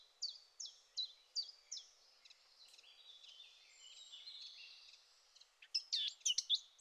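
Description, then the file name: Eurasian blackcap singing, a few evenly spaced, falling high notes, then a quiet scratchy warble ending in louder, clear whistled phrases. "Sylvia atricapilla"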